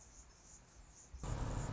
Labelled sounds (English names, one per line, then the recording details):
Anna's Hummingbird
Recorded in Sonoma County, California